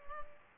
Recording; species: mosquito wingbeat signal from an infrared sensor; Culex pipiens